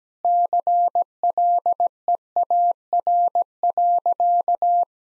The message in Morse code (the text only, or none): CLEAR.